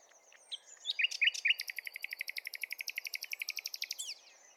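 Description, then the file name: Common nightingale song: a few sharp notes lead into a long, very rapid rattling trill of repeated notes. "Luscinia megarhynchos"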